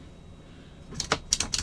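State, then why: Not seated. A 25-round aftermarket extended magazine is pushed into the magazine well of a Derya TM22 Cadet .22 LR rifle, producing a quick run of sharp clacks and rattles from about 1.0 to 1.6 seconds after a quiet start. The magazine fits but does not lock, because it lacks the notch the magazine catch needs, so nothing has seated or clicked yet.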